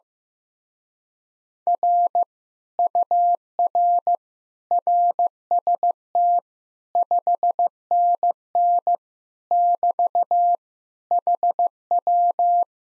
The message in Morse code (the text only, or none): R UR RST 5NN <BT> HW